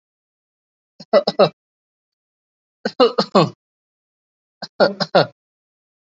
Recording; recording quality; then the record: shallow voluntary cough; excellent, no background noise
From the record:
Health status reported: COVID-19 positive, no symptoms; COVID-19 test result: positive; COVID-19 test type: RT-PCR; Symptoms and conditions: muscle pain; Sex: male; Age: 28 years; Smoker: no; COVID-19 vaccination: both doses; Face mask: not worn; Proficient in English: no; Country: India